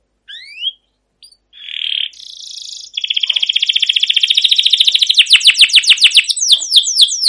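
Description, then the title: Canary song opening with scattered rising whistles and a buzz, then a long, even rolling trill that slows into repeated sweeping chirps. Canary singing a long rolling song with cuit-cuit notes, in top singing form, used to prompt other canaries to sing. "CUIT CUIT NGEROL LANGSUNG GACOR PANJANG Kenari Ini AMPUH Utk Pancingan KENAR"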